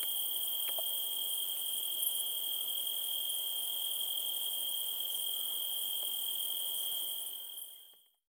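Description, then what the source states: Cricket song, an unbroken high-pitched trill holding steady, with faint higher insect buzz, fading away at the very end. Recorded at night in Montenegro.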